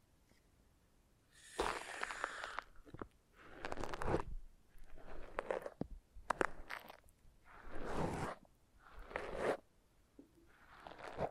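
Foam massage: repeated rasping, scrubbing strokes rub and squeak in bursts of about a second each, separated by short quiet gaps. The strokes come roughly every one to two seconds after a silent opening, with a few sharp bright crackles and squeaks mixed in.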